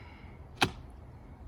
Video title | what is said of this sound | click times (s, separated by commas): Pro Tip: HOW TO Measure for window screens that Fit #howto #diy | screen up a little bit and it pops right into right into place just like that one screen installed | 0.6 s